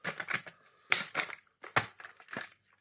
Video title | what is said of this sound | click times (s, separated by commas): Dyson DC40/41/More Brushroll Motor Replacement how-to! Replace a burnt out motor for cheap | give it a bit of a jiggle until all the plastic clicks into place | 0.9 s, 1.8 s